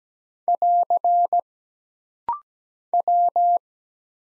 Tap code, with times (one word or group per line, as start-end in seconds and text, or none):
none